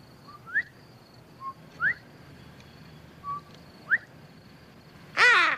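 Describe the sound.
Mountain bluebird giving three soft whistled phrases, each a brief low tone followed by a quick rising slur, then a sudden loud burst.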